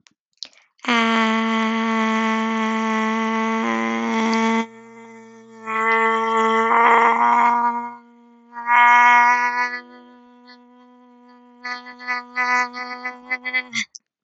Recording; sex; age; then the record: vowel held as long as possible; female; 20 to 29 years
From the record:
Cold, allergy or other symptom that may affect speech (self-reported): no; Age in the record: 20 years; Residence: Maryland, United States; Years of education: 14